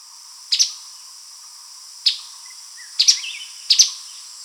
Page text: Streaked Spiderhunter Calls. Quick Sounds